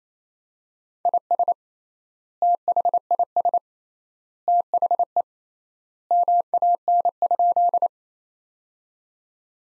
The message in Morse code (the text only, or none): IS THIS THE MAN?